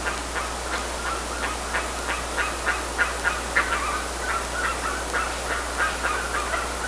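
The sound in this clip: Bird calls: a steady stream of short, rapid notes, roughly three a second, over a constant loud hiss and low hum.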